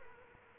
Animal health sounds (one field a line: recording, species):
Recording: mosquito wingbeat signal from an infrared sensor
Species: Culex quinquefasciatus